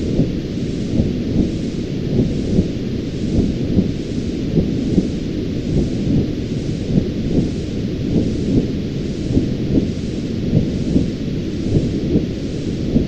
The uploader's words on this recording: Womb Sounds for Baby Sleep. The sound environment of the womb.